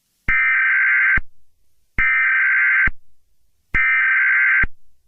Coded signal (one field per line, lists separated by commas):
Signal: Emergency Alert System (SAME) tones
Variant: header bursts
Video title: EAS Scenario: The Wrath of Chaos 2 - The Angers of Water